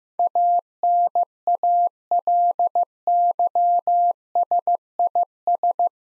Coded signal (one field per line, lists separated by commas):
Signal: Morse code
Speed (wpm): 15 wpm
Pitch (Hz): 700 Hz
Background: none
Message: ANALYSIS